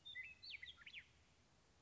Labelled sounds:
Western Meadowlark (Sturnella neglecta)
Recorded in Sonoma County, California

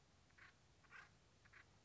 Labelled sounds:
Acorn Woodpecker (Melanerpes formicivorus)
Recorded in Sonoma County, California

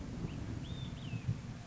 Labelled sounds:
Olive-sided Flycatcher (Contopus cooperi)
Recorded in Sonoma County, California

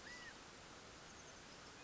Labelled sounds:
California Quail (Callipepla californica)
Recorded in Sonoma County, California

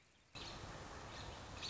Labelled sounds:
American Robin (Turdus migratorius)
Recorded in Sonoma County, California

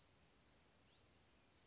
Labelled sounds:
Western Flycatcher (Empidonax difficilis)
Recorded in Sonoma County, California

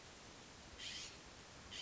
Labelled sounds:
California Scrub-Jay (Aphelocoma californica)
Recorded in Sonoma County, California

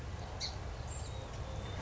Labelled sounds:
Song Sparrow (Melospiza melodia)
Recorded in Sonoma County, California

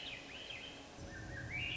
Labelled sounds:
Swainson's Thrush (Catharus ustulatus)
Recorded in Sonoma County, California

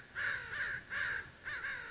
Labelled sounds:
American Crow (Corvus brachyrhynchos)
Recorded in Sonoma County, California

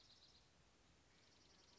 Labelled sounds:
Dark-eyed Junco (Junco hyemalis)
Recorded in Sonoma County, California

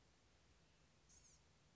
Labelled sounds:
Blue-gray Gnatcatcher (Polioptila caerulea)
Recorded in Sonoma County, California

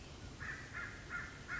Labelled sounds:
American Crow (Corvus brachyrhynchos)
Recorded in Sonoma County, California

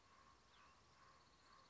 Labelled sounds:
Common Raven (Corvus corax)
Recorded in Sonoma County, California

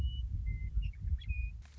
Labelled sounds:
Western Meadowlark (Sturnella neglecta)
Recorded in Sonoma County, California

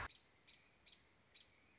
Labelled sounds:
American Robin (Turdus migratorius)
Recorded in Sonoma County, California

